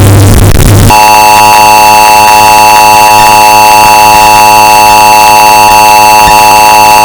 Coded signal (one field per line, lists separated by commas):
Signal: Emergency Alert System (SAME) tones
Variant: 853 and 960 Hz attention tone